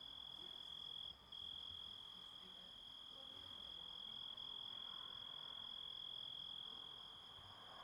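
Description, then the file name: Grasshopper sound: a thin, high continuous tone with a diffuse buzzy hiss below, briefly cut near the beginning. Composite of grasshopper sounds. "engisprettur samsett hljo rit"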